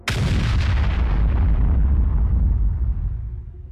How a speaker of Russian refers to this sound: Спартак очнулся от взрыва, рядом громыхнуло.